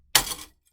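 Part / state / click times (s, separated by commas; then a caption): hat hoop onto hooping station clamps / seated / 0.2 s. An embroidery hat hoop is pushed onto the clamps of a hooping station and pops into place with one sharp snap at 0.2 s. The bright, broadband snap rings down over about a third of a second, confirming the hoop is seated correctly on the clamps.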